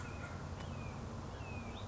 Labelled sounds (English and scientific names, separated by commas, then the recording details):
Red-shouldered Hawk (Buteo lineatus)
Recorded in Sonoma County, California